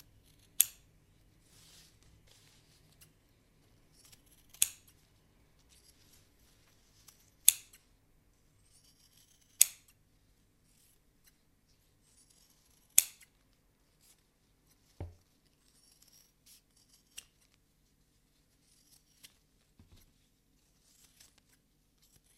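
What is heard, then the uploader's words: Tailor scissors cut through waxed cotton fabric in sharp, crisp snips, spaced every two to three seconds, with the loudest near the start and middle. Between cuts come faint rustles and scrapes of the fabric, and later a few softer, duller clicks. ASMR: professional tailor scissors cutting waxed cotton fabric.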